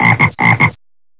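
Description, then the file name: Frog croaking, two quick doubled croaks, each a pair of short raspy pulses, then silence. "rana"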